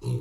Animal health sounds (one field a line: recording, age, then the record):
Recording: pig call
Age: weaner (32 to 43 days)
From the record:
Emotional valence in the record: negative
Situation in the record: short isolation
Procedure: open field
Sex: female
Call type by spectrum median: low-frequency call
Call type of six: low-frequency stable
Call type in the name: low-frequency stable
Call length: 0.21 s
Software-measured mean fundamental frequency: 61 Hz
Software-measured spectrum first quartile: 122 Hz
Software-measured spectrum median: 176 Hz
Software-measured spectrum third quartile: 538 Hz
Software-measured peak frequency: 125 Hz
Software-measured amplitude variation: 151 dB a second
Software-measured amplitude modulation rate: 21.4 a second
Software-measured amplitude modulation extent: 7.1 dB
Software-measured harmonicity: 8.8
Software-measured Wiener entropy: -0.65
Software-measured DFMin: 980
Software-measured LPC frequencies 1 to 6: 2603, 4079, 5273, 5905, 6669, 7292 Hz